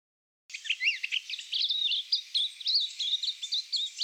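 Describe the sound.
Silvereye warbling song, quick high twittering phrases with rising and falling slurred notes delivered without pause for several seconds.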